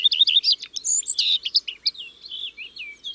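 Common redstart song: a quick jumble of high chirping and twittering notes, some sharp and scratchy, delivered rapidly for about three seconds against a quiet background.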